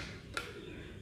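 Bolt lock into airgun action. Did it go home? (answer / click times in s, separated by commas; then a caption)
yes / 0.4 s. The bolt lock on an Artemis M22 PCP airgun with a new stock is pushed into the action until it locks. A single sharp click is heard at 0.4 s over a steady low background hum. The bolt lock seats in place.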